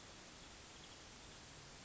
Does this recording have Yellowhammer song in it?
no